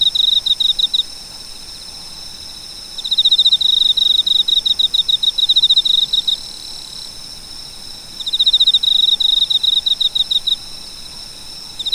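Cricket song in repeated high trilled bursts of varying length, separated by pauses of faint background hiss.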